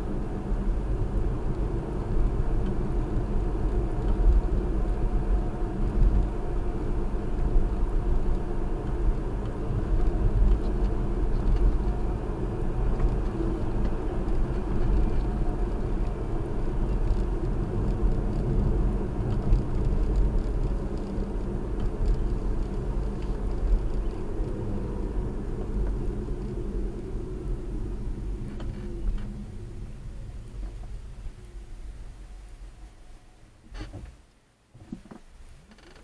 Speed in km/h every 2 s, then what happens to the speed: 61, 61, 63, 61, 61, 61, 66, 64, 60, 55, 52, 50, 42, 31, 16, 6, 0, 0.
0-14 steady at about 61. 14-31 brakes to 0. 31-36 standing.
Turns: none.